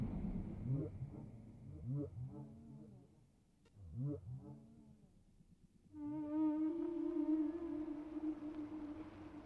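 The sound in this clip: Whale song with short arching whoops repeated several times, a pause, then a long steady harmonic moan.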